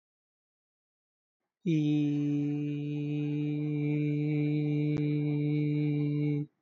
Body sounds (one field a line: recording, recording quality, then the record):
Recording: sustained vowel as in beet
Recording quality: excellent, no background noise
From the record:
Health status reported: healthy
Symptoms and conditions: cough, asthma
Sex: male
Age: 44 years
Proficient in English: yes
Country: India